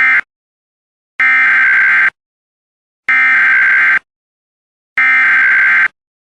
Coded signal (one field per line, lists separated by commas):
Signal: Emergency Alert System (SAME) tones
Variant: header bursts